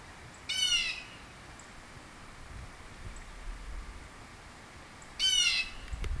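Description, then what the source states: Bird call: two short, harsh, harmonic squawks, each slightly descending, about four and a half seconds apart, over faint low rumbling background noise. Recorded in northern Illinois.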